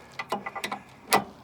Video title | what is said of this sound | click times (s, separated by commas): How To Connect a Standard Pull (Bumper, Ball Hitch) Trailer | and click in Place same with the other one this is attached on this side | 1.1 s